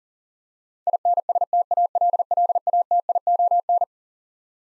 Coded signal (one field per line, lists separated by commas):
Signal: Morse code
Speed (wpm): 40 wpm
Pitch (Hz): 700 Hz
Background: none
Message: INSTALLATION